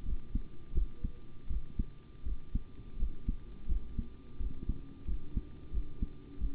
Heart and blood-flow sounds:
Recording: heart sounds by stethoscope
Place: between the tricuspid and mitral areas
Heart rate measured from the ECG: 85 bpm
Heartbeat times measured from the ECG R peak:
0.03 s: heartbeat
0.73 s: heartbeat
1.48 s: heartbeat
2.23 s: heartbeat
2.97 s: heartbeat
3.67 s: heartbeat
4.37 s: heartbeat
5.05 s: heartbeat
5.71 s: heartbeat
6.38 s: heartbeat
From the record:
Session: rest, sitting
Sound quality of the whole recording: good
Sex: male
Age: 25 years

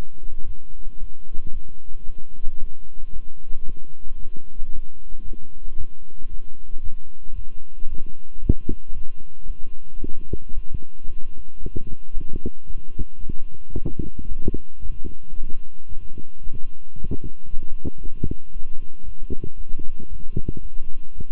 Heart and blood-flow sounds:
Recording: heart sounds by stethoscope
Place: between the tricuspid and mitral areas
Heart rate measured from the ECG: 113 bpm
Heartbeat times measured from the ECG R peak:
0.45 s: heartbeat
0.99 s: heartbeat
1.52 s: heartbeat
2.05 s: heartbeat
2.59 s: heartbeat
3.12 s: heartbeat
3.65 s: heartbeat
4.18 s: heartbeat
4.71 s: heartbeat
5.24 s: heartbeat
5.76 s: heartbeat
6.29 s: heartbeat
6.81 s: heartbeat
7.34 s: heartbeat
7.87 s: heartbeat
8.40 s: heartbeat
8.93 s: heartbeat
9.46 s: heartbeat
9.99 s: heartbeat
10.53 s: heartbeat
11.06 s: heartbeat
11.59 s: heartbeat
12.13 s: heartbeat
12.65 s: heartbeat
13.19 s: heartbeat
13.73 s: heartbeat
14.27 s: heartbeat
14.80 s: heartbeat
15.33 s: heartbeat
15.87 s: heartbeat
16.42 s: heartbeat
16.95 s: heartbeat
17.49 s: heartbeat
18.01 s: heartbeat
18.52 s: heartbeat
19.03 s: heartbeat
19.56 s: heartbeat
20.08 s: heartbeat
20.61 s: heartbeat
21.14 s: heartbeat
From the record:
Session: walking at 3.7 km/h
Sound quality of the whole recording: good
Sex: male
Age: 26 years

